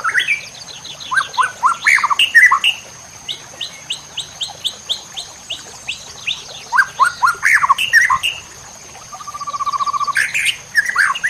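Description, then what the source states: White-rumped shama singing varied whistled and warbled phrases with slurred notes and a rapid trill, over a steady high electronic whine. Murai batu labaik song used to train caged birds.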